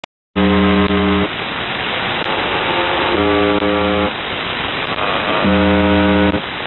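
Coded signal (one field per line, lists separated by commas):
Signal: channel marker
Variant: UVB-76 (The Buzzer)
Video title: UVB 76 4625 KHZ 265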